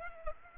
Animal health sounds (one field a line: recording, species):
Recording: mosquito wingbeat signal from an infrared sensor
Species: Culex pipiens